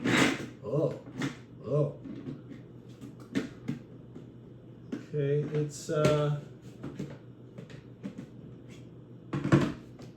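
Someone talks while setting a Bella blender jar assembly onto its motor base and trying to seat it, with brief knocks and clunks around 3.4, 3.7, 6.8, 7.6, 7.7, 9.3 and 9.5 seconds. The jar fails to lock onto the base, which just sits there instead of latching; nothing has clicked into place yet.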